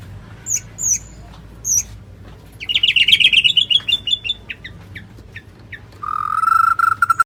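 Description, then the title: White-rumped shama song with a few sharp high chips, then a fast rattling buzzy run and a steady rapid trill at the end. "murai batu"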